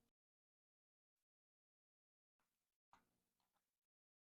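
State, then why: Not seated. A plastic moss pole extension is handled while being fitted onto the top of an existing moss pole for a philodendron micans. Short bursts of broadband handling noise occur near 0.0 s and 1.2 s, followed by longer rustling from about 2.4 to 3.9 s. Nothing has seated or clicked yet.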